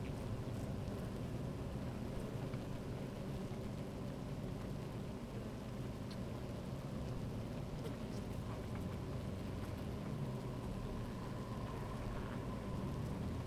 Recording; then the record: honeybee colony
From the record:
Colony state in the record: active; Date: 28 July 2017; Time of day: 12:35